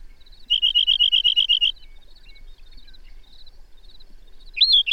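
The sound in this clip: Bird song: a quick, even trill of about a dozen high notes, then quiet faint chirping and a short rising call at the end.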